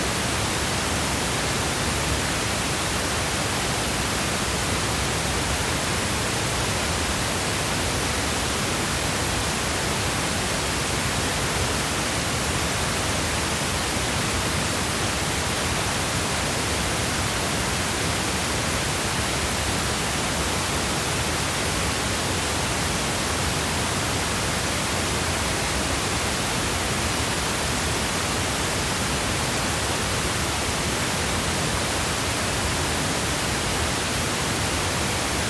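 Electronic pink noise hisses steadily for the whole stretch, dense and unchanging, fuller in the low end than a bright white hiss.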